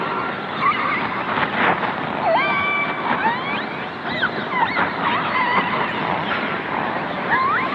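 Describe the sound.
Whale vocalizations: rising and falling tonal sweeps and short upswept cries come in irregular bursts over a continuous rushing, water-like hiss.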